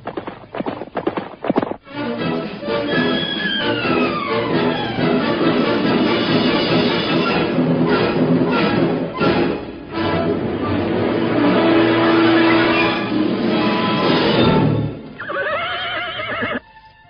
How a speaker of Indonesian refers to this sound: Pada saat itulah terdengar derap 2 ekor kuda semakin lama semakin dekat.